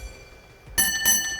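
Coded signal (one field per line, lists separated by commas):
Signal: bell signal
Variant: railway block bell code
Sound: faint ringing, then a sharp bell strike ringing on with clatter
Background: room noise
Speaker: So first thing send him train entering section two beats on the bell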